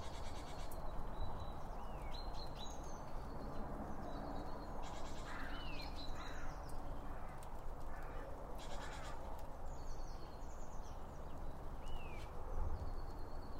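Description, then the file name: Birds chirping and whistling, some notes curving upward, with bursts of rustling noise over a continuous low drone. Birds around a bird feeder, recorded with two Line Audio OM 1 microphones. "Birds Around Birdfeeding With Two Om 1 From Line Audio"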